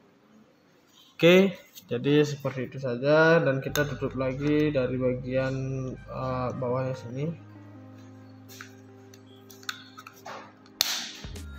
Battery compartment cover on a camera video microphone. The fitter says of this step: akhirnya Sampai bunyi klek seperti itu artinya untuk baterai ini sudah tertutup rapat seperti itu ya teman-teman ya